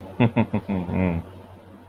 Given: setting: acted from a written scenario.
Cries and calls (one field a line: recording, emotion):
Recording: vocal sound without words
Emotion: pride